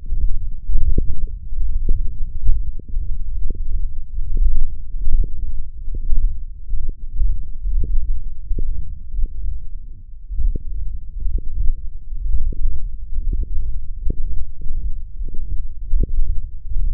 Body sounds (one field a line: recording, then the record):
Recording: forearm muscle sounds (acoustic myography)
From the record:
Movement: ulnar deviation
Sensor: system 1, eight BSWA MPA416 microphones around the upper forearm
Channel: 6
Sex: male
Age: 21 years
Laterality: right